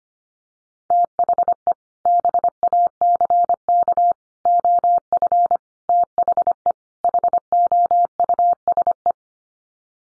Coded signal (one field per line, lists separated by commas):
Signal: Morse code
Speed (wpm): 25 wpm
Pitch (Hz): 700 Hz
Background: none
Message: THE BACK OF THE HOUSE